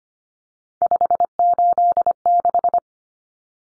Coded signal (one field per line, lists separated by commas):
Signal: Morse code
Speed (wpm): 25 wpm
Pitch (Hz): 700 Hz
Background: none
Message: 586